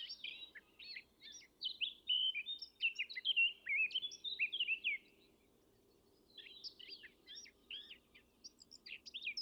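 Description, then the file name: Eurasian blackcap song: a rich, rapid warble of scratchy and clear notes running for several seconds, a short lull, then more quick warbling phrases. "Sylvia atricapilla"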